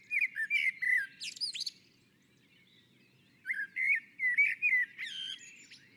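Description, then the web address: Common blackbird singing two mellow whistled phrases, each closing with thin high chittering notes, separated by a pause. Singing on a roof. "Naturinspelningar Koltrast på taket"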